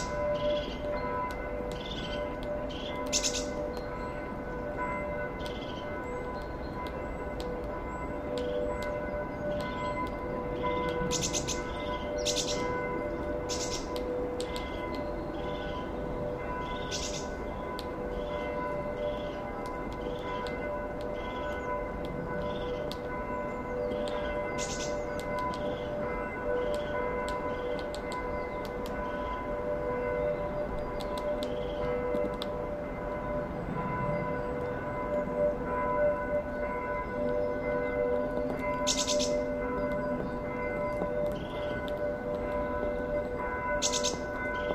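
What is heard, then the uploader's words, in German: Birds call close by as the forest slowly wakes, their short, bright chirps breaking in every few seconds, clustered around 11 to 16 seconds and again near 39 and 44. Beneath them runs a steady bed of sustained, ringing tones and a low rumble that never changes. Heute nehme ich Euch mit in ein Naturschutzgebiet im Schwarzwald. Die Vögel zum greifen nah, der Wald erwacht nach und nach.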